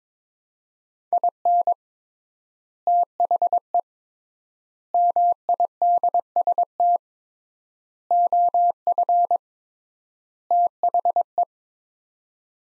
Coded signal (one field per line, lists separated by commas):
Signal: Morse code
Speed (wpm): 21 wpm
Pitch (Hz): 700 Hz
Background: none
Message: IN THE MIDST OF THE